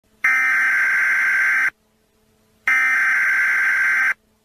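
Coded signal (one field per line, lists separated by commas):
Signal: Emergency Alert System (SAME) tones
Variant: header bursts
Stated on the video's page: Fictional EAS alarm interrupting television.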